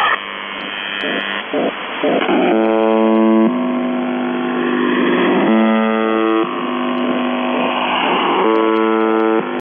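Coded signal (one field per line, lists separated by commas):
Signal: numbers station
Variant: UVB-76 (The Buzzer)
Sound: harsh low buzzes about a second long, repeating between bursts of noisy radio hiss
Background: radio static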